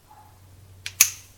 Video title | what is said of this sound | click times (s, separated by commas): Rex Ambassador Razor - comparison with other 2-piece razors | the click and then I can turn it okay | 1.0 s